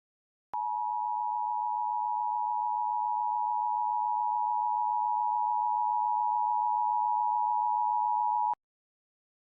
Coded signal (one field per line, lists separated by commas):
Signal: Emergency Alert System (SAME) tones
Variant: 853 and 960 Hz attention tone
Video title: EAS Scenario - Do Not Look Up